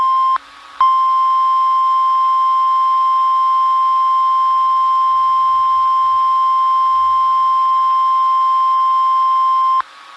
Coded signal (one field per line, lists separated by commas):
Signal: Emergency Alert System (SAME) tones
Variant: 1050 Hz attention tone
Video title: eas alarm com a letra A e B